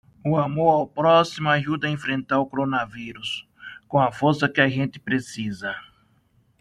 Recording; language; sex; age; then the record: spoken sentence; Brazilian Portuguese; male; 50 to 59 years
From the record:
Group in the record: control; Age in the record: 58 years